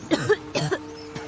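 Adult. A brief, momentary bout of coughing: a few short coughs in quick succession.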